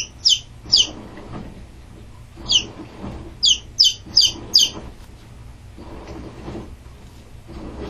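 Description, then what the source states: Chicken chicks peeping loudly: bright, high peeps, first a pair, then a single one and a run of four, against the droning rumble and swishing of a running washing machine. Chicks peeping near a running washing machine.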